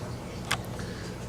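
A newly installed ejection port cover on an AR-15 rifle upper receiver, already checked to lock into place, is worked to back the part out. Over a steady low background, a single sharp click comes at 0.5 s as the dust cover part releases, though it is unclear whether the hinge rod came out or the cover popped open.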